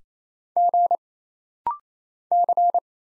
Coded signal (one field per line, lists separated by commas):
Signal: Morse code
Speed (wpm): 27 wpm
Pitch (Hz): 700 Hz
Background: none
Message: G C